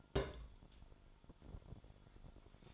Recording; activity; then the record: daily activity, microphone in the room; place on stove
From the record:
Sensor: 5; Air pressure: 1008.2 hPa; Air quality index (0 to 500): 121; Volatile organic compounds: 1 ppm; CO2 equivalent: 927 ppm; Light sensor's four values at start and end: 29/60/26/27 and 28/58/26/26